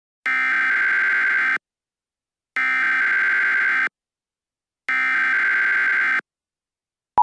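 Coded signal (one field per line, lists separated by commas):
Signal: Emergency Alert System (SAME) tones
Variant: header bursts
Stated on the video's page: Simulated EAS scenario.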